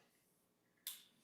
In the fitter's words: one more for full auto now I hear it clicking okay